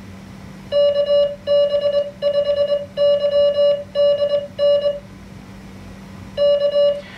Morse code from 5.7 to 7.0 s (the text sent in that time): K